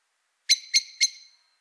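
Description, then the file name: Eurasian blackbird uttering three quick, metallic chink notes evenly spaced, high-pitched and clipped, in a quiet background. "Turdus merula"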